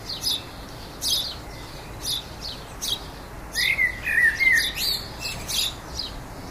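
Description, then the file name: Common blackbird delivering a short fluted warble in the second half, followed by scratchy high twitters, while brief high chip notes sound roughly every second. "Turdus merula"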